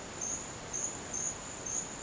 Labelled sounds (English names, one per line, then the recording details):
none
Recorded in dense forest near Puerto Asís, Putumayo, Colombia, on 29 June 2025 at 12:00
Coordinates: 0.484, -76.317
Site G045